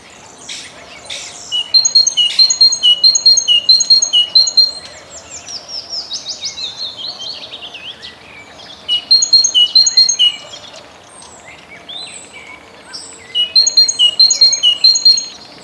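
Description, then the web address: Great tit song in three bursts of ringing two-note phrases repeated rapidly, separated by a different bird's quieter sliding trills. "Przyroda Ptaki Bogatka"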